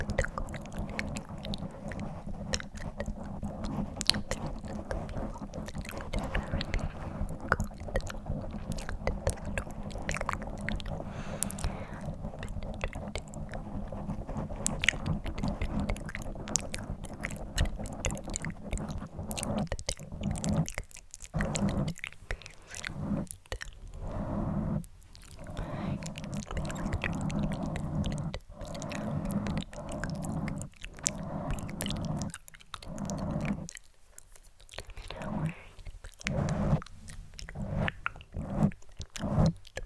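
Dense scratching against a microphone, a steady crackly rasp through the first twenty seconds. After that it turns choppier, breaking into short bursts with brief quiet gaps, crunchy and wet like chewing, over a faint low hum.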